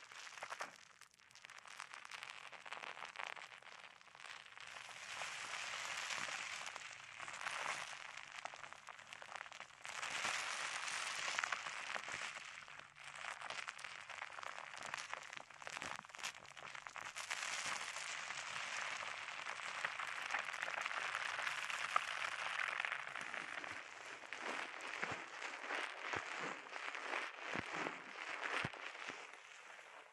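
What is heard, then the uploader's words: Dense crackling and popping from bubble wrap and a sponge being handled, a near-continuous rustle of tiny bright snaps. The texture swells and thins in waves, with sharper individual pops standing out near the end. No voice or background sounds intrude. Bubble Wrap, Sponge.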